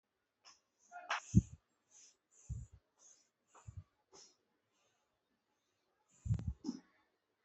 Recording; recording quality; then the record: shallow breathing; excellent, no background noise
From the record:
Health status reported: healthy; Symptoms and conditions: none ticked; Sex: male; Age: 43 years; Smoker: not ticked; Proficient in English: yes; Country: India